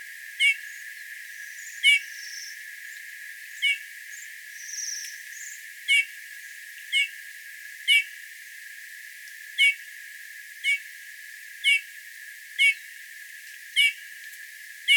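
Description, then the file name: Eurasian bullfinch calls: short descending piping notes, repeated irregularly about every one to two seconds, with faint higher sounds in the background. "Pyrrhula pyrrhula"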